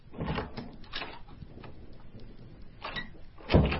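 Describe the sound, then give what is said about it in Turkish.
A door to the Hogwarts Potions classroom swings open as Scorpius enters, with a few rough scraping and rattling bursts, ending in a louder heavy thump. No one speaks. “Kimse sana kapıyı vurmayı öğretmedi mi çocuk?”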